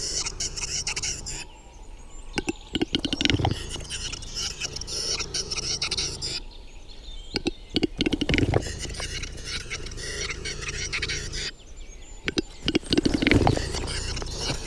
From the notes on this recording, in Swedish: skogens alla ljud i slutet av april när tjäderspelet är på sin topp